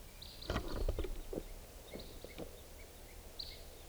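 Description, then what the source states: Red crossbill calls, short downslurred kips scattered throughout amid loud low thumps and handling noise. Call type 2, heard in the morning at 6:55, birds coming around; two birds.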